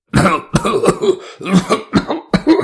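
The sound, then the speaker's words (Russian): A harsh, racking cough comes in a fit of about five rough, strained bursts in quick succession, loud and throaty, with only brief catches of breath between them. “Раздался надрывный кашель”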